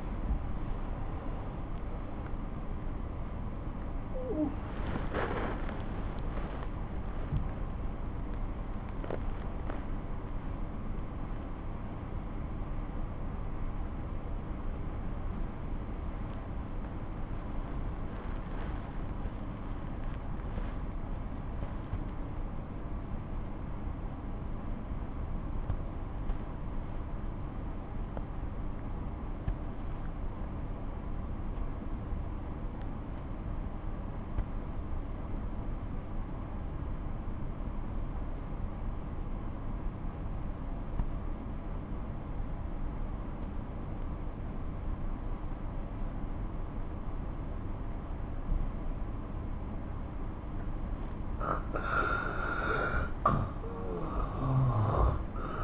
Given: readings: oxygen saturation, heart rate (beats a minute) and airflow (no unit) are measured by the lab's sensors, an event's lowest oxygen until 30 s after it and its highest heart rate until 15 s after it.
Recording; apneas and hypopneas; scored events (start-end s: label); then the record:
breathing in sleep by a smartphone at the bedside; 1
6.00-50.30 s: obstructive apnea (N2, oxygen 97% highest, then 87% lowest)
7.00-55.64 s: new sleep stage, N1 (lightest sleep)
From the record:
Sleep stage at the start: N2 (light sleep); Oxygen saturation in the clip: 83 to 97%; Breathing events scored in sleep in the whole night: 217 in 6.3 hours asleep